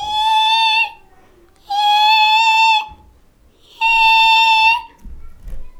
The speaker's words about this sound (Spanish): Y bueno, de repente lo tomó y empieza a sonar un silbato.